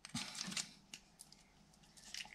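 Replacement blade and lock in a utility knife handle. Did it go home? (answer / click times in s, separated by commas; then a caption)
no / none. A replacement blade is reinserted into a Gerber utility knife handle and the lock is closed, producing brief sharp taps and rustling handling noises with quiet stretches between them. The expected small locking click never comes, and the blade lock has not clipped in.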